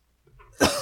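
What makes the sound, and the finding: Man. Cough.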